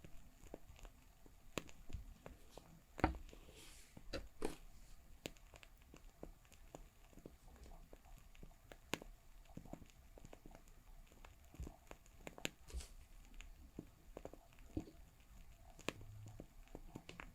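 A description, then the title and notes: Crackling fire sounds with irregular sharp pops and snaps scattered throughout, a louder cluster near three seconds, over a low steady hiss. Crackling Fire Sounds.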